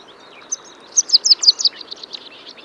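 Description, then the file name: Eurasian blackcap giving a quick run of several sharp, high notes, then softer notes that fade. "Sylvia atricapilla"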